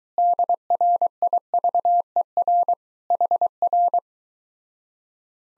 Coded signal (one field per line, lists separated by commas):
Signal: Morse code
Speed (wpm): 23 wpm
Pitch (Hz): 700 Hz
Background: none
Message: DRIVER HR